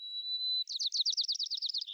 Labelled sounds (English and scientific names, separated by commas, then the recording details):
White-crowned Sparrow (Zonotrichia leucophrys) song
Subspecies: nuttalli
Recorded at Abbotts Lagoon, California, in 2010
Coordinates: 38.119, -122.946
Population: north
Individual al14v_10